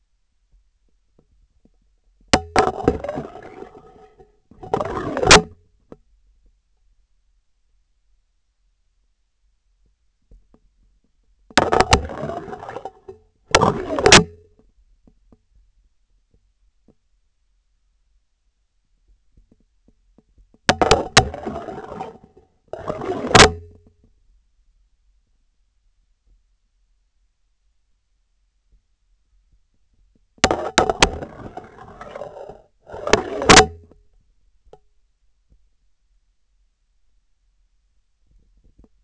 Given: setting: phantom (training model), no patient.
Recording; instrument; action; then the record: laparoscopic instrument, vibration sensor on the handle end; scissors; insertion and removal through the trocar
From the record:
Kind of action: spatial motion